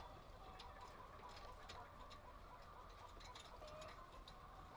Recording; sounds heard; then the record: poultry house recording; healthy chickens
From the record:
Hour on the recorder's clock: 0